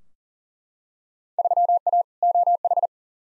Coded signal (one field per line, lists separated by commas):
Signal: Morse code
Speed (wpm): 40 wpm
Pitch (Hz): 700 Hz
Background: none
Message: 3A OH